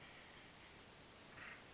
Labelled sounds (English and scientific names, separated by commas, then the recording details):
Acorn Woodpecker (Melanerpes formicivorus)
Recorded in Sonoma County, California